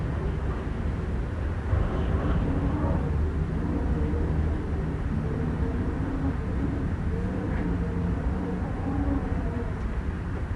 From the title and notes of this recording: Windy Night, Windy City. The normally ever-present hum of the busy downtown takes a backseat to gusts of wind howling past concrete and glass.